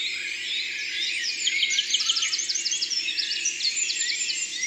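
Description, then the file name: Eurasian wren singing a loud, fast string of high piercing notes and rattling trills. Drôme, France. "Troglodyte mignon Concerts Naturels de la Drome Studio les Trois Becs"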